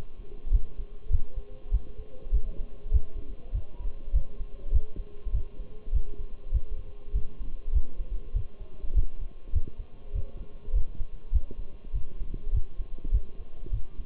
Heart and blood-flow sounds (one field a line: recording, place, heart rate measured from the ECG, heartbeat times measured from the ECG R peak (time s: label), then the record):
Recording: heart sounds by stethoscope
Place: between the tricuspid and mitral areas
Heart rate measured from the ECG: 100 bpm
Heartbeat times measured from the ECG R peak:
0.53 s: heartbeat
1.12 s: heartbeat
1.73 s: heartbeat
2.33 s: heartbeat
2.93 s: heartbeat
3.54 s: heartbeat
4.15 s: heartbeat
4.74 s: heartbeat
5.34 s: heartbeat
5.94 s: heartbeat
6.53 s: heartbeat
7.15 s: heartbeat
7.74 s: heartbeat
8.35 s: heartbeat
8.96 s: heartbeat
9.54 s: heartbeat
10.15 s: heartbeat
10.75 s: heartbeat
11.34 s: heartbeat
11.94 s: heartbeat
12.54 s: heartbeat
13.13 s: heartbeat
13.73 s: heartbeat
From the record:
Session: Bruce protocol treadmill stress test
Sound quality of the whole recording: partially saturated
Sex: male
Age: 23 years